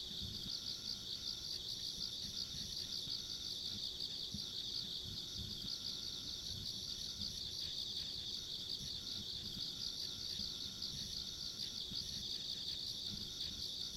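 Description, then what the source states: Continuous insect chorus of fast pulsed high chirring, one layer above another, with a soft low background rumble. Ambient insect sounds along a rural country road.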